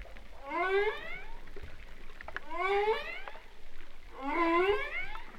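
Humpback whale calls: three rising, harmonic upsweeps, each a smooth whooping glide.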